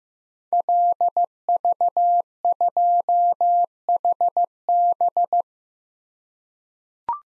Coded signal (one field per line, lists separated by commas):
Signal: Morse code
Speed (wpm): 15 wpm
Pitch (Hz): 700 Hz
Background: none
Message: LV2HB